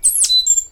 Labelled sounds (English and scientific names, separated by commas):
Stitchbird (Notiomystis cincta) song